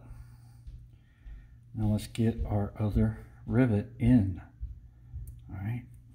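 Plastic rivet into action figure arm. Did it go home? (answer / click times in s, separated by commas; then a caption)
no / none. A second plastic rivet is being handled and pushed toward the arm joint of an O-ring action figure while someone talks, with only soft handling sounds between the words. Nothing has seated or clicked yet.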